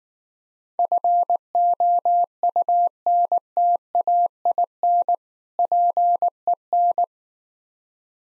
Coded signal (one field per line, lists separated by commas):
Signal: Morse code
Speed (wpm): 19 wpm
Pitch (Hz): 700 Hz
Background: none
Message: FOUNTAIN PEN